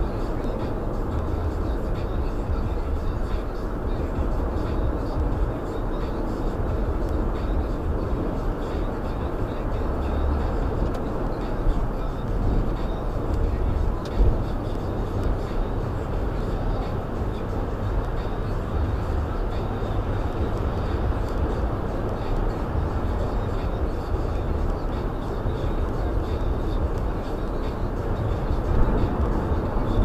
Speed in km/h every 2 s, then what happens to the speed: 109, 108, 109, 109, 109, 109, 109, 109, 111, 113, 114, 114, 116, 116, 116.
0-30 steady at about 109.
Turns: none.